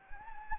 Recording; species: mosquito wingbeat signal from an infrared sensor; Anopheles gambiae